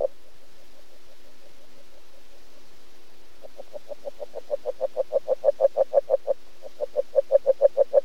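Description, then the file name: Agile frog giving rapid knocking notes that grow louder through the series, with a brief pause before a second run of notes. "springfrø"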